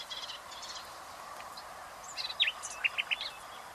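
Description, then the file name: Common nightingale calls, short high clipped notes, a few scattered early and a cluster of sharp chirps in the last second and a half, over steady background hiss. "Luscinia megarhynchos"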